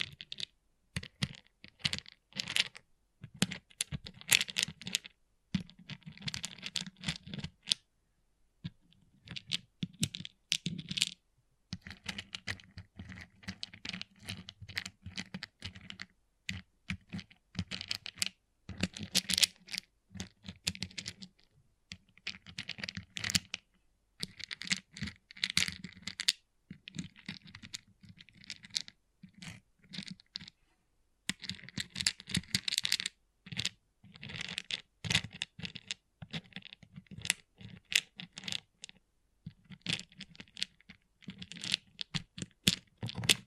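Small plastic pixel art beads click and rattle in quick, irregular bursts throughout, with brief pauses near eight and thirty-one seconds.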